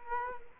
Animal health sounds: mosquito wingbeat signal from an infrared sensor; Culex quinquefasciatus

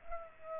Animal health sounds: mosquito wingbeat signal from an infrared sensor; Culex pipiens

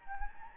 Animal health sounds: mosquito wingbeat signal from an infrared sensor; Anopheles gambiae

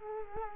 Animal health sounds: mosquito wingbeat signal from an infrared sensor; Culex quinquefasciatus

